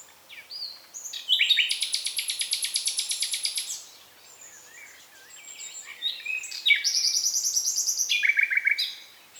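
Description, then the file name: Common nightingale song: two long rapid trills of evenly repeated buzzy notes, each introduced by sharp whistled notes, separated by a brief quieter gap. "Luscinia megarhynchos"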